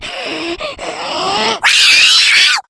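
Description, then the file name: Cat screaming: harsh, strained yowls that waver in pitch, breaking off briefly and then rising into a louder, shrill, drawn-out wail. Screaming cat; recording used as a mobile phone ringtone. "Gato Gritando"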